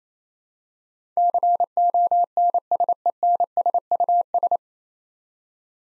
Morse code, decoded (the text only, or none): CONSENSUS